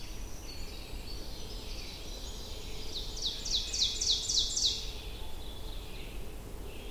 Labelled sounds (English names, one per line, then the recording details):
Ovenbird song
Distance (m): 30 m
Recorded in boreal forest in Alberta, Canada, on 22 June 2016 at 05:34
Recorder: SongMeter 3, array SBT-6-76
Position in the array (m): 150 m, 110 m
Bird 3